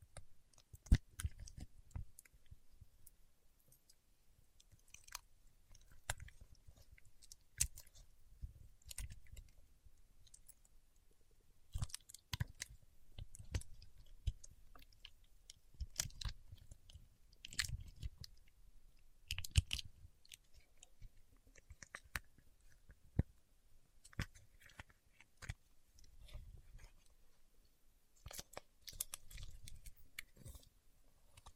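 Paraffin wax is peeled, tapped and scratched in a busy run of small crackling and crunching sounds. Sharp clicks and snaps land irregularly, several per second, over soft low rubbing, with a few louder cracks scattered through the half minute.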